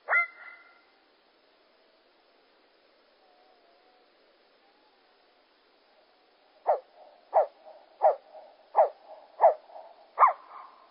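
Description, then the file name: Common blackbird calls, one drawn-out harmonic note, then a quiet pause before six short, sharp notes repeated at a steady rate. Slowed down. "Merle Et Merle Au Ralenti Merle noir ralenti 20250912083845 20250912083941"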